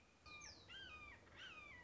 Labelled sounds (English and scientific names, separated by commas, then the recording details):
Red-shouldered Hawk (Buteo lineatus)
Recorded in Sonoma County, California